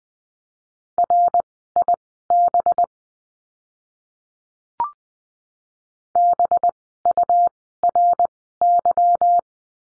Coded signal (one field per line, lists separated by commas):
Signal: Morse code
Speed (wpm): 20 wpm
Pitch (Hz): 700 Hz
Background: none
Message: RIB BURY